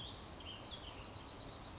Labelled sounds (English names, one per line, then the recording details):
Ash-throated Flycatcher
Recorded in Sonoma County, California